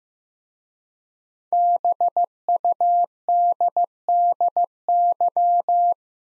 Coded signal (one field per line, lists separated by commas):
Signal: Morse code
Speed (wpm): 15 wpm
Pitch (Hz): 700 Hz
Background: none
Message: BUDDY